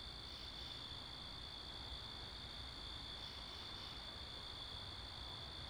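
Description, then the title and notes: Cricket: continuous high trilling of many crickets, unchanging in pitch, over low car rumble and wind. Crickets with cars and wind, Wakefield, Rhode Island, 10 October 2021, 11:35pm at night; recorded facing northeast with two Rode NTG-3 shotgun mics on a Sound Devices MixPre 10ii. "Oct 10th 2021 11:35pm Wakefield, Rhode Island. Crickets, Cars, and Wind"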